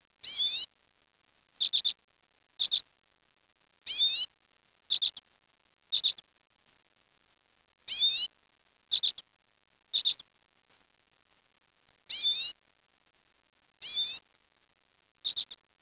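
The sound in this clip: Bird calls, high downslurred notes, some single and some in quick pairs, given at irregular intervals of about a second or two in otherwise quiet surroundings.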